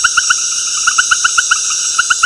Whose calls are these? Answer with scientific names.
none